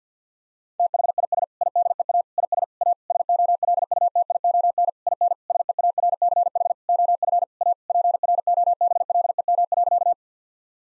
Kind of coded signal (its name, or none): Morse code